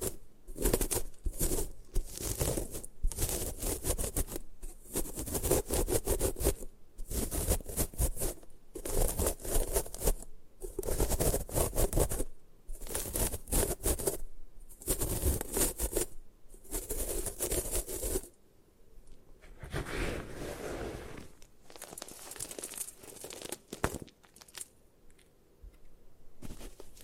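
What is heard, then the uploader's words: Gym chalk being crushed and destroyed, heard as a run of harsh, gritty crunching and scraping strokes, roughly one each second, through the first eighteen seconds. After that the strokes turn softer and sparser, with quieter rustling and grinding. ASMR Satisfying Ways to Destroy Gym Chalk (No Talking).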